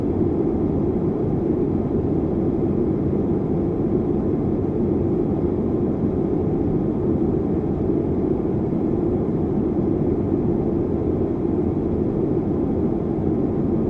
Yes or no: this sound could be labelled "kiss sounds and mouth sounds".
no